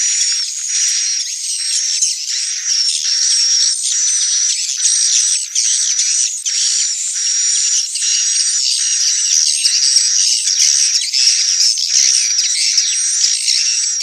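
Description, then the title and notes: Swiftlet chirping in dense, high-pitched repeated bursts, with faint whistled tones threaded through the chatter. Swiftlet sound used for swiftlet farming in Asia. "Swiflet Bird Sound. Farming Swiflet Bird asia sound"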